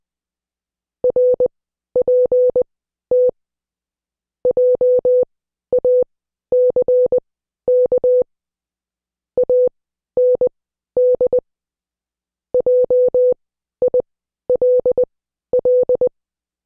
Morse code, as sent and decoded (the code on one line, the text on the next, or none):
.-. .--. - / .--- .- -.-. -.- / .- -. -.. / .--- .. .-.. .-..
RPT JACK AND JILL